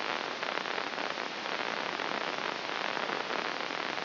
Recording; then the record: brain microelectrode recording played as sound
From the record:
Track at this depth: inside the subthalamic nucleus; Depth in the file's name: 2.534 mm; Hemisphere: left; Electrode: 3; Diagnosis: Parkinson's disease